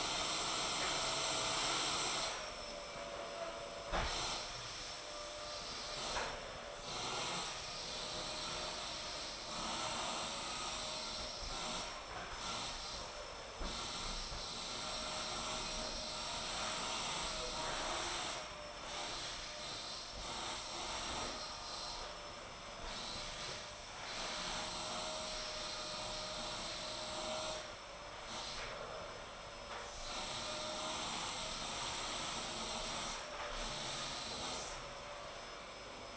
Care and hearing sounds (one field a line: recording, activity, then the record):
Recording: daily activity, microphone in the room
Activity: vacuum cleaning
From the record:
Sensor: 5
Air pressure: 995.4 hPa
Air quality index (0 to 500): 81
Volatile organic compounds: 3 ppm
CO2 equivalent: 1495 ppm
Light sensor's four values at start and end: 36/87/35/36 and 36/87/35/36